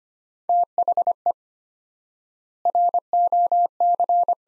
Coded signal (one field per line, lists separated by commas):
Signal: Morse code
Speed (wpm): 25 wpm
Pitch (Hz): 700 Hz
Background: none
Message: THE ROC